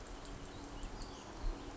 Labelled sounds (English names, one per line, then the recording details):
Western Flycatcher
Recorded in Sonoma County, California